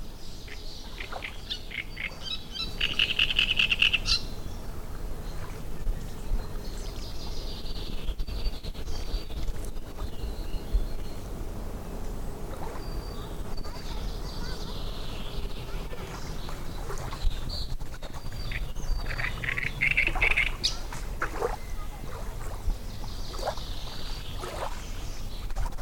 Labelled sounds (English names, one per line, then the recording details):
Great Reed Warbler
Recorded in the wild
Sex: male
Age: adult
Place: Müggelsee, Berlin, DE
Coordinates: 52.43, 13.64
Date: 1991-06-07 18:40
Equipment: Uher 4400 Report Monitor, Sennheiser ME 80, K 30 AV
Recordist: Fischer, Stefan